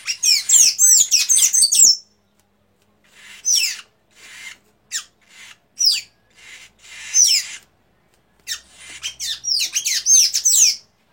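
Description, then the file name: Tanager song in bursts of fast, high, squeaky chirps, separated by short pauses and single sharp downslurred notes. "canto da pipira da amazonia"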